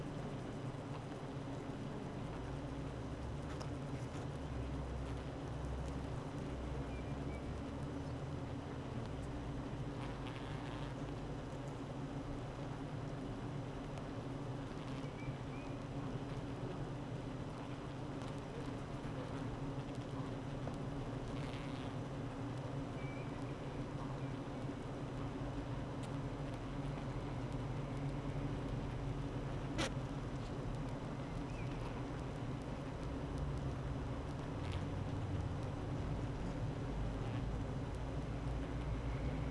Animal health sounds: honeybee colony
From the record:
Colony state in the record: active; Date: 12 June 2018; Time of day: 8:40

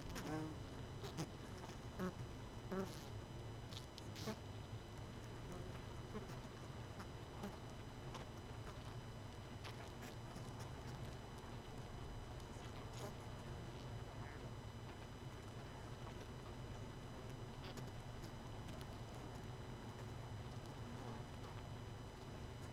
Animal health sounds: honeybee colony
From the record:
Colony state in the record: missing queen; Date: 31 May 2018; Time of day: 23:30

